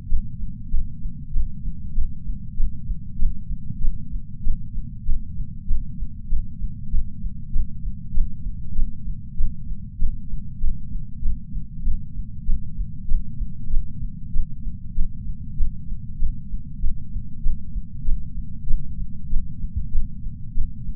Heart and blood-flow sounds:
heart sounds by patch sensor on the chest; 97 bpm
0.06 s: heartbeat
0.67 s: heartbeat
1.29 s: heartbeat
1.91 s: heartbeat
2.53 s: heartbeat
3.16 s: heartbeat
3.78 s: heartbeat
4.40 s: heartbeat
5.02 s: heartbeat
5.64 s: heartbeat
6.26 s: heartbeat
6.88 s: heartbeat
7.49 s: heartbeat
8.11 s: heartbeat
8.72 s: heartbeat
9.34 s: heartbeat
9.95 s: heartbeat
10.57 s: heartbeat
11.19 s: heartbeat
11.81 s: heartbeat
12.43 s: heartbeat
13.05 s: heartbeat
13.67 s: heartbeat
14.29 s: heartbeat
14.91 s: heartbeat
15.53 s: heartbeat
16.15 s: heartbeat
16.77 s: heartbeat
17.39 s: heartbeat
18.01 s: heartbeat
18.63 s: heartbeat
19.26 s: heartbeat
19.88 s: heartbeat
20.51 s: heartbeat
From the record:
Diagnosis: coronary artery disease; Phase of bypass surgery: preoperative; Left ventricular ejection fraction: 60.9%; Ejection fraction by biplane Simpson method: 52.5%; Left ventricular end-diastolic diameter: 49 mm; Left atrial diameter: 38 mm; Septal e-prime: 4.5 cm/s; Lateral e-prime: 5.9 cm/s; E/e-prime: 13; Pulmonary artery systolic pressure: 21 mmHg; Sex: female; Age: 74 years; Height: 160 cm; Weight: 64 kg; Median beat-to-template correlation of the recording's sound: 0.92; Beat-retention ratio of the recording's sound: 0.97

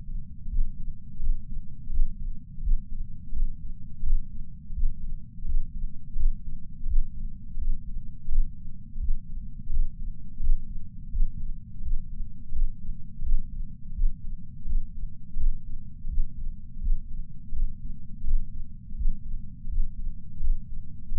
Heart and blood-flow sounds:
heart sounds by patch sensor on the chest; 84 bpm
0.48 s: heartbeat
1.19 s: heartbeat
1.90 s: heartbeat
2.61 s: heartbeat
3.32 s: heartbeat
4.03 s: heartbeat
4.73 s: heartbeat
5.45 s: heartbeat
6.16 s: heartbeat
6.86 s: heartbeat
7.57 s: heartbeat
8.28 s: heartbeat
8.98 s: heartbeat
9.69 s: heartbeat
10.40 s: heartbeat
11.10 s: heartbeat
11.81 s: heartbeat
12.52 s: heartbeat
13.22 s: heartbeat
13.93 s: heartbeat
14.65 s: heartbeat
15.36 s: heartbeat
16.07 s: heartbeat
16.80 s: heartbeat
17.52 s: heartbeat
18.23 s: heartbeat
18.95 s: heartbeat
19.68 s: heartbeat
20.40 s: heartbeat
21.11 s: heartbeat
From the record:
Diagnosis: coronary artery disease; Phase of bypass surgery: postoperative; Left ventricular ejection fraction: 60%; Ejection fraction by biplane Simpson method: 61.8%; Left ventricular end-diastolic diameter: 47 mm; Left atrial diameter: 40 mm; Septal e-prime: 4.5 cm/s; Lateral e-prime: 6.3 cm/s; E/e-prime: 20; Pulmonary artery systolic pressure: 28 mmHg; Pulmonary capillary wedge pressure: 14 mmHg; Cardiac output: 5.9 L/min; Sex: male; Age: 62 years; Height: 165 cm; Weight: 72 kg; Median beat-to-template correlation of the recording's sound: 0.87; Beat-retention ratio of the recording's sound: 1.00

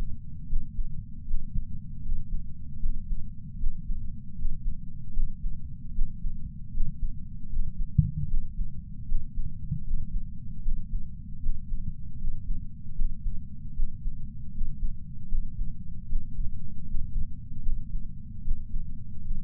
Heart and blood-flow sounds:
heart sounds by patch sensor on the chest; 77 bpm
0.47 s: heartbeat
1.25 s: heartbeat
2.02 s: heartbeat
2.80 s: heartbeat
3.58 s: heartbeat
4.35 s: heartbeat
5.13 s: heartbeat
5.93 s: heartbeat
6.71 s: heartbeat
7.49 s: heartbeat
8.28 s: heartbeat
9.06 s: heartbeat
9.84 s: heartbeat
10.62 s: heartbeat
11.40 s: heartbeat
12.18 s: heartbeat
12.95 s: heartbeat
13.74 s: heartbeat
14.51 s: heartbeat
15.28 s: heartbeat
16.07 s: heartbeat
16.85 s: heartbeat
17.63 s: heartbeat
18.42 s: heartbeat
19.21 s: heartbeat
From the record:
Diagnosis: coronary artery disease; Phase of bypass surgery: preoperative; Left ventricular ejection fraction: 66.3%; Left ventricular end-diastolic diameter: 44 mm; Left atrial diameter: 34 mm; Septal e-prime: 5.3 cm/s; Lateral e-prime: 9.3 cm/s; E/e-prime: 13.2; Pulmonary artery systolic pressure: 31 mmHg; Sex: male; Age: 76 years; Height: 164 cm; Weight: 75 kg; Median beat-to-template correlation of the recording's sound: 0.83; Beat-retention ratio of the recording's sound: 0.97

